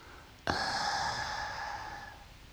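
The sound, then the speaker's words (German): A man drinking tea lets out one long breathy exhale of steam with a steady voiced groan, starting abruptly and trailing off over about two seconds. “Er atmet Dampf aus und stöhnt.”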